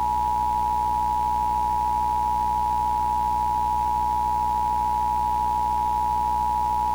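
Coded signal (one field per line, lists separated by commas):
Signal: Emergency Alert System (SAME) tones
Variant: 853 and 960 Hz attention tone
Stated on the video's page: Mock EAS Law Enforcement Warning, not a real alert.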